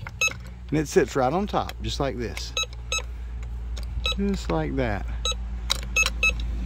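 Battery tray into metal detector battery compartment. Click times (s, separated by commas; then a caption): 5.7 s. Someone talks while a loaded plastic battery tray is pressed into the battery compartment of a Bounty Hunter Discovery 2200 metal detector, with the detector giving several longer beeps. A sharp, short hit at 5.7 s marks the tray popping into place, fully seated.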